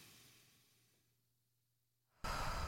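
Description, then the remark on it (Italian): A long, deep breath drawn in through the nose during a breathing exercise, a soft airy hiss that gradually fades, then a sudden louder rush of breath at the end. No talking. “Quindi un bel respiro profondo con il naso.”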